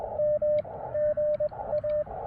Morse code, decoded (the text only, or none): M GA